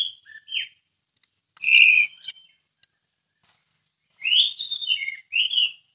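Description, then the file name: Orange-headed thrush singing quieter, scattered whistled notes with a louder burst in the middle and a run of descending whistles at the end. Song in the ngeplong style. "anis merah ngeplong"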